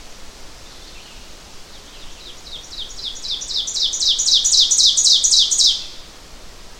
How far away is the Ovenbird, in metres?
about 10 m